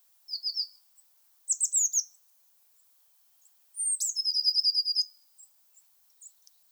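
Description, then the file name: Eurasian blue tit gives short high chip series, then a full song of a descending whistle running into a long, rapid, even trill. "Cyanistes caeruleus"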